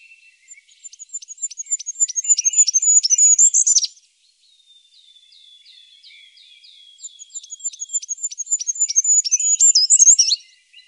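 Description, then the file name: Goldcrest song: two shrill cyclic phrases of rapidly repeated high notes that swell and end in a twittering flourish, with a soft, thin, descending series in between. "Kungsfagel"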